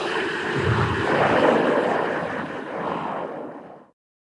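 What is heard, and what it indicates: A dense, hissy, noise-like wash of sound with no clear melody or instrument tones runs for about four seconds, then cuts to silence. This is music processed to simulate hearing through a 16-channel cochlear implant, which blurs pitch and timbre.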